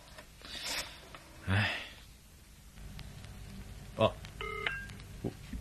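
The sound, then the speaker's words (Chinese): A short run of electronic touch-tone beeps as a phone number is dialed to call Jack, following some breathy rustling and a sniff-like sound, with a few sharp clicks between the tones. “冇办法啦，唔睇僧面都要睇佛面，打个电话俾杰克宗教啦。”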